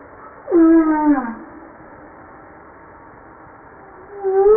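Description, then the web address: Humpback whale call: one loud downward-sweeping harmonic wail, then a quiet gap, then a rising tonal note begins at the end. From a 2013 JASA publication. "JASA 2013 Blue Bowhead Fin Humpback Southern Right Whale humpback 940305 0937"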